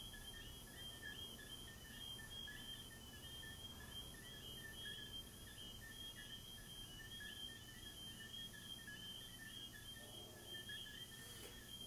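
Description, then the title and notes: Cricket chirps pulse on without break in two pitched bands over a faint hiss, with a soft sound near the end. Crickets recorded in the recordist's garden, presented as relaxing ASMR. "These are relaxing asmr crickets from my garden"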